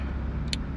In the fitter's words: make sure it clicks